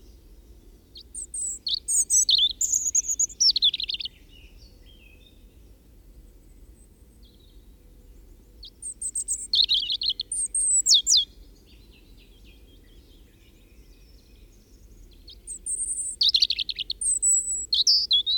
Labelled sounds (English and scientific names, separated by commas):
European Robin (Erithacus rubecula) song